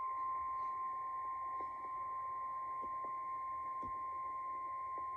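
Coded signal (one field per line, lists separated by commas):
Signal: Emergency Alert System (SAME) tones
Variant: 853 and 960 Hz attention tone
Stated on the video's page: Fictional EAS scenario for a missing child, simulated alert.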